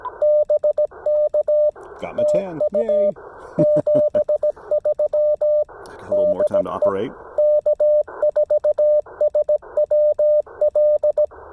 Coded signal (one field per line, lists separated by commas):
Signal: Morse code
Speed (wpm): 17 wpm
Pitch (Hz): 600 Hz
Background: speech, radio noise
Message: BK TU 73 DE K4SWL